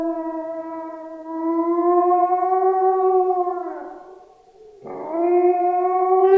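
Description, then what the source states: Wolf howl: a long, steady, harmonic-rich wail that fades near four seconds, then a second howl begins with a quick rise and holds level. Wolf recorded in a forest.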